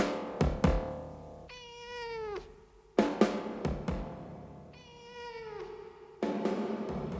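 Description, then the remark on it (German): A tomcat named Abelard meows twice, each call drawn out and rich in harmonics, sliding downward in pitch, with sharp knocking sounds and clatter between the calls. “Der Kater heißt Abelard.”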